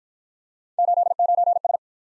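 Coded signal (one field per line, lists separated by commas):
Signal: Morse code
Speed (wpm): 51 wpm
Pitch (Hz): 700 Hz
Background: none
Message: 89S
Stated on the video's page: Computer-generated Morse practice of three-character letter-number combinations, starting at 45 wpm and slowing to a base speed, with a final repeat at maximum speed.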